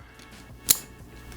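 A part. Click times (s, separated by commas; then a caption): 0.7 s. A machined metal Cobra-style quick-release buckle on a backpack strap is snapped together, male end into female end. One sharp, bright click rings out at 0.7 s over a quiet background, and the buckle is seated shut.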